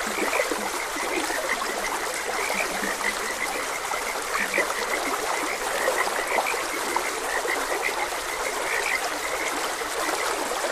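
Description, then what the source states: Frogs croaking in short sharp notes that come in loose bursts, with a gentle stream rushing steadily behind. Frogs croaking beside a gentle stream.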